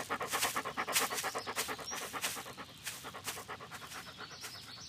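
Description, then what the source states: Dog panting in quick, steady huffs, with rustling bursts like footsteps in grass. Dog panting while walking on grass and urinating.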